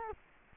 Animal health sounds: mosquito wingbeat signal from an infrared sensor; Culex quinquefasciatus

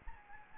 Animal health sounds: mosquito wingbeat signal from an infrared sensor; Anopheles gambiae

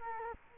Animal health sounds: mosquito wingbeat signal from an infrared sensor; Culex quinquefasciatus

